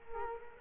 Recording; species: mosquito wingbeat signal from an infrared sensor; Culex quinquefasciatus